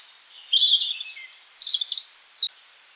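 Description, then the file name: European robin song: a thin sustained note followed by a quick cascade of high, liquid, warbling notes, ending abruptly. "rotkehlchen"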